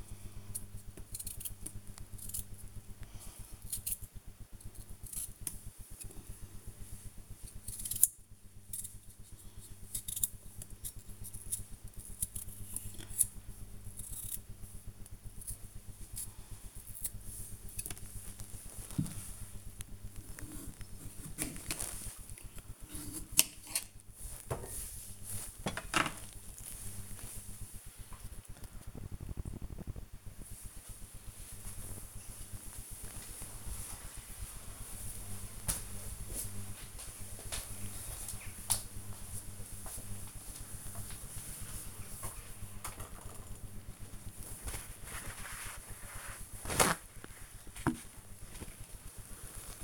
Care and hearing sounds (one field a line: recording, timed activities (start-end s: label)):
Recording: household activities, microphone on the right wrist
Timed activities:
0.00-22.19 s: cutting vegetables
43.31-49.84 s: window cleaning